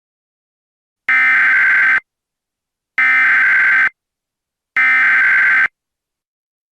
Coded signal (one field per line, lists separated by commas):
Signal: Emergency Alert System (SAME) tones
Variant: header bursts